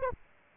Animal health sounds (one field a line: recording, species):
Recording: mosquito wingbeat signal from an infrared sensor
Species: Anopheles arabiensis